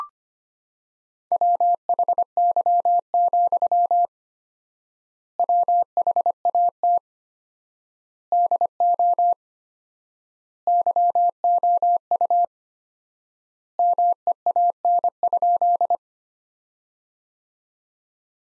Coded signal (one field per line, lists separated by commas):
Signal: Morse code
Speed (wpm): 25 wpm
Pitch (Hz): 700 Hz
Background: none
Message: WHY, WHAT DO YOU MEAN?